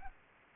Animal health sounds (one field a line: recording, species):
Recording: mosquito wingbeat signal from an infrared sensor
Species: Anopheles arabiensis